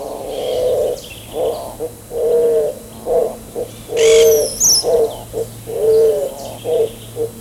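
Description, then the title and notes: Spot-winged Pigeon cooing in low, hoarse, rough notes that swell and fade, repeated in a steady series, with a brief high chirp from another bird midway. Song described as much hoarser and rougher than the Picazuro Pigeon's; Argentina. "Museo de Ciencias de Bahía Blanca. Paloma Manchada (Patagioenas maculosa). su canto, que es mucho más ronco y áspero"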